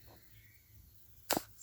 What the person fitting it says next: Push that in. Snaps in place like an airline fitting.